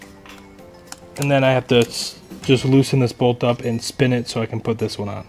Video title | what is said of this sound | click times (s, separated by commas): Step-By-Step Subaru Engine Rebuild Guide! | So, you'll hear a click there. | 0.9 s